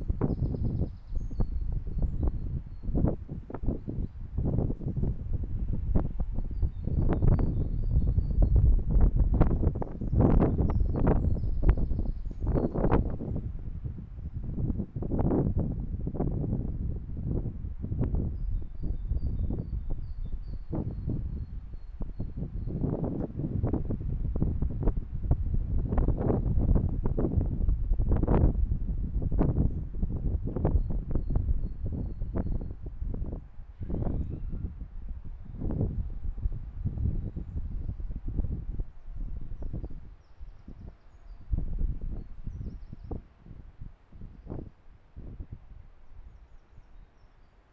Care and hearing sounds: everyday scene through a hearing-aid microphone; wind on the microphone; squally wind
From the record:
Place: parking lot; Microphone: behind the ear, left, front

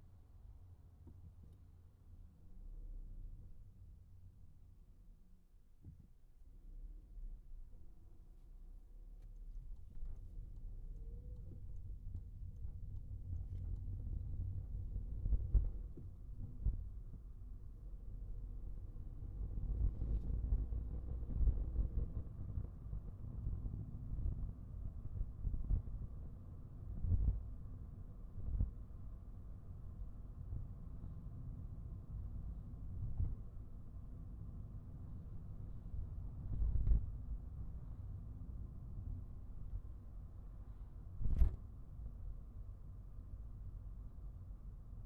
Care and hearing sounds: everyday scene through a hearing-aid microphone; in a vehicle; engine, highway traffic jam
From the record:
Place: Skoda Fabia, gasoline engine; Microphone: behind the ear, right, rear

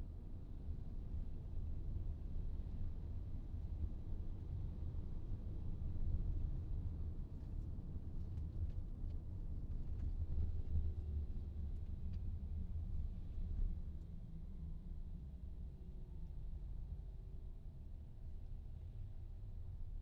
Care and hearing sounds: everyday scene through a hearing-aid microphone; in a vehicle; engine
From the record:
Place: VW T5 Caravelle, diesel engine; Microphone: in the ear canal, right

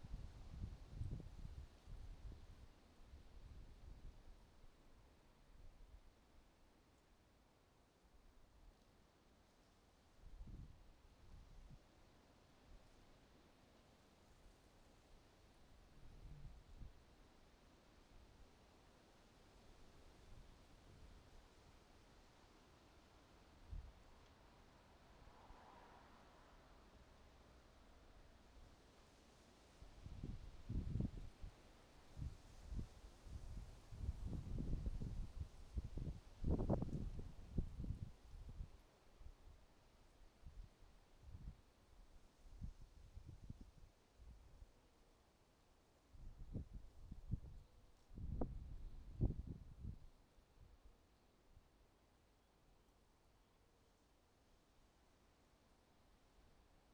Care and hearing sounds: everyday scene through a hearing-aid microphone; wind on the microphone; wind, traffic, birds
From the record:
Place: suburban garden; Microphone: in the ear canal, right

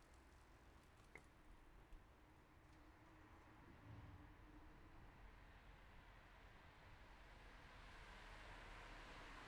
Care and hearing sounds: everyday scene through a hearing-aid microphone; in traffic; traffic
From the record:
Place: city secondary road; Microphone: behind the ear, left, rear

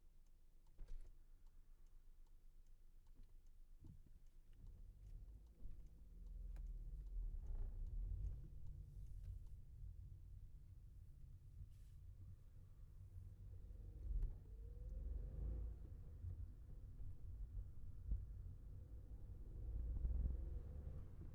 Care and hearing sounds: everyday scene through a hearing-aid microphone; in a vehicle; engine, traffic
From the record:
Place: Skoda Fabia, gasoline engine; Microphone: behind the ear, left, front

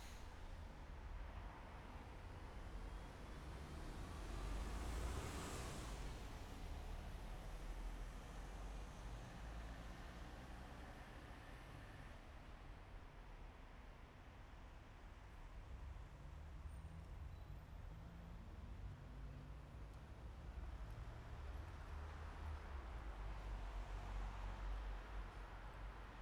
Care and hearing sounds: everyday scene through a hearing-aid microphone; in traffic; traffic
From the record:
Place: bus stop on a city main road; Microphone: behind the ear, right, rear

